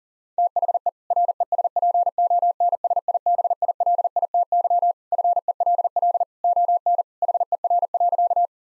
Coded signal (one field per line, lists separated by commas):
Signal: Morse code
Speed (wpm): 40 wpm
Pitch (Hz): 700 Hz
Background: none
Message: THE RESPONSIBILITY FELL ON HER.